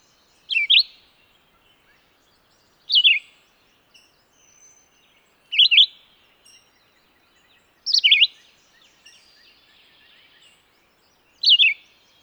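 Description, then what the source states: Songbird giving brief, high, melodious warbled trills, five phrases a few seconds apart, with faint background chirps in the pauses. Described as a melodious trill.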